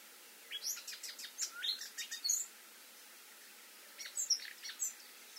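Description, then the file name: Eurasian blackcap song in two short bursts of quick, high chirping notes with a pause between them. "Sylvia atricapilla"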